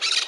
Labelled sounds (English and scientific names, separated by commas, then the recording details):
Brown-throated Parakeet (Eupsittula pertinax) contact call
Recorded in Margarita
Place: San Francisco, near stadium
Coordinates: 11.018, -64.294